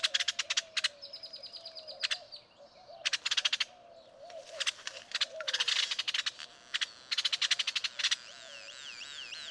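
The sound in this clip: Great-tailed grackle song: bursts of rapid dry clacking rattles alternating with wavering whistles, over steady background noise.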